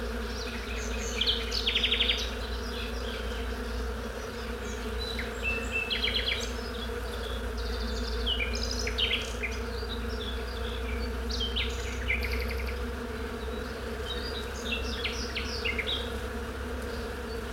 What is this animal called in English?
Honey Bee